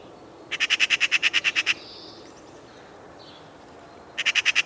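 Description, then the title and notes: Eurasian magpie chatter: a fast rattle of about twelve harsh notes, a pause with faint hissy sounds, then another rattle beginning. "Viikon luontoääni: Harakka. Juha Laaksonen"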